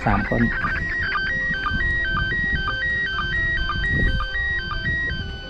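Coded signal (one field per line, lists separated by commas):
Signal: SSTV (slow-scan television)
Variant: PD 120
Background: speech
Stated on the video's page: Reception of SSTV images from the International Space Station (ARISS) with kids.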